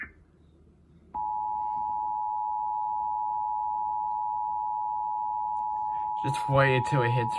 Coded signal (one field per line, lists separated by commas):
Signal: Emergency Alert System (SAME) tones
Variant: 853 and 960 Hz attention tone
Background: speech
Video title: West Virginia’s Required Monthly Test Fail EAS #26